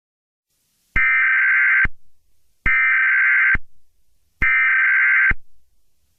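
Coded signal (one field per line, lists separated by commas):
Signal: Emergency Alert System (SAME) tones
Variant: header bursts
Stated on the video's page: Fictional EAS scenario built around an Amber Alert.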